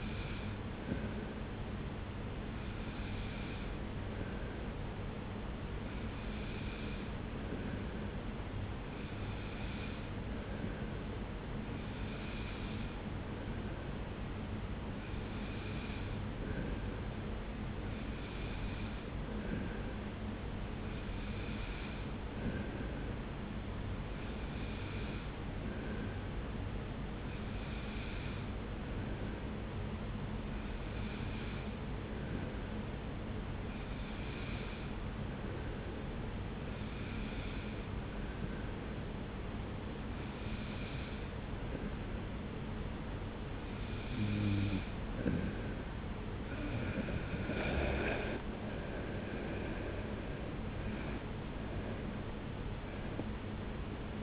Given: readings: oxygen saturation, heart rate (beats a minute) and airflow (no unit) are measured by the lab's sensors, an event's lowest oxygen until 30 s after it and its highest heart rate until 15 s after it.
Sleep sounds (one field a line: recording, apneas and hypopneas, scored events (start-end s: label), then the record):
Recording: breathing in sleep by a voice recorder at the bedside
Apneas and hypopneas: 1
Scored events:
33.00-48.80 s: hypopnea (N2, oxygen 93% highest, then 93% lowest)
From the record:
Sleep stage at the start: N2 (light sleep)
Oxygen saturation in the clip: 93 to 94%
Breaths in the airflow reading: 18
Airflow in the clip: -3.0 to 5.2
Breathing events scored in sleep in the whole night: 335 in 6.7 hours asleep